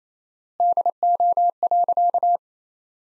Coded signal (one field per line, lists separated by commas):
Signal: Morse code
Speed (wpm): 28 wpm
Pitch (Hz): 700 Hz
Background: none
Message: DO.